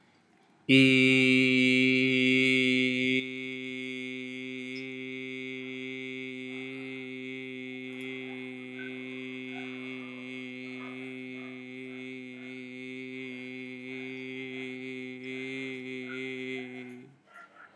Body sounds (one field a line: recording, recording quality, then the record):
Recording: sustained vowel as in beet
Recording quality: moderate, slight background noise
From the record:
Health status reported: healthy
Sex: male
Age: 24 years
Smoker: yes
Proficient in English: yes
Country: India